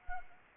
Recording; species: mosquito wingbeat signal from an infrared sensor; Anopheles arabiensis